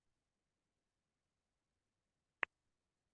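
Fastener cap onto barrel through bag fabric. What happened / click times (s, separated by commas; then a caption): The snap fastener cap clicked onto its barrel / 2.4 s. A bag snap fastener cap is pushed onto the barrel poking through a hole in the bag fabric, held up close to the mic. After near-silence, a single sharp click sounds at 2.4 s as the cap seats onto the barrel.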